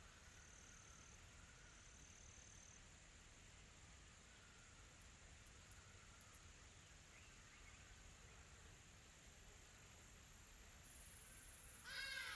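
A steady, soft rustle of leaves fills a quiet forest, with a low, even rumble underneath and a thin high insect whine throughout. Faint, distant bird chirps surface briefly around the middle, and a louder burst of calls arrives right at the end.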